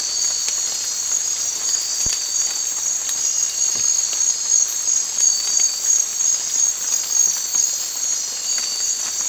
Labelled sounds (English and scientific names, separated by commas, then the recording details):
none
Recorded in secondary vegetation near Puerto Asís, Putumayo, Colombia, on 8 March 2025 at 04:00
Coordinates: 0.499, -76.323
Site G094